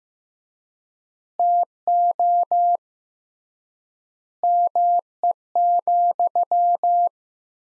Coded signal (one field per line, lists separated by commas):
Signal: Morse code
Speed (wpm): 15 wpm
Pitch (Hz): 700 Hz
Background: none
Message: TO ME,